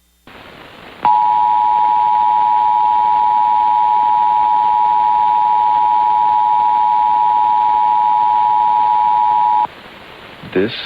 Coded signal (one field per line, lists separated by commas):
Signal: Emergency Alert System (SAME) tones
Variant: 853 and 960 Hz attention tone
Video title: (VALID TONES) EAS Recreation Mock - National Periodic Test on VAST Broadband (09/28/2016)